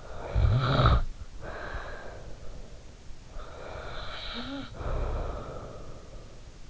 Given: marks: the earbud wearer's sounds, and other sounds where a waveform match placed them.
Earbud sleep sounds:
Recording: sounds in sleep by an in-ear microphone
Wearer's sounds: snoring breath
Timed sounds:
0.05-2.70 s: snoring breath
3.39-6.70 s: snoring breath

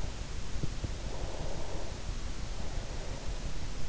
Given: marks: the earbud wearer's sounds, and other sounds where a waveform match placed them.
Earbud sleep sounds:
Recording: sounds in sleep by an in-ear microphone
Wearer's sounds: breath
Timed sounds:
0.75-3.61 s: breath

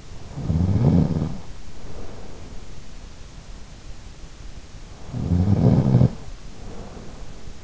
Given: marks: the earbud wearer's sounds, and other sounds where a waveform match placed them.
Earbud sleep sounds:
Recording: sounds in sleep by an in-ear microphone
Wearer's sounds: snoring breath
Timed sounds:
0.00-2.94 s: snoring breath
4.69-7.55 s: snoring breath

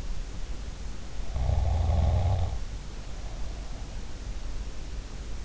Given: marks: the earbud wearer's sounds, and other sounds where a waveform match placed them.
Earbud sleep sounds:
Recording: sounds in sleep by an in-ear microphone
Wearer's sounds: snoring breath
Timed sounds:
1.31-4.01 s: snoring breath

